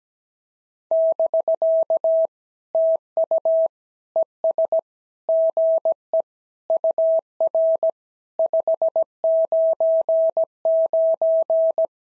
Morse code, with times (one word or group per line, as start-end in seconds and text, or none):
0.9-2.3 <BK>
2.7-3.7 TU
4.2-4.8 ES
5.3-6.2 GE
6.7-7.9 UR
8.4-11.9 599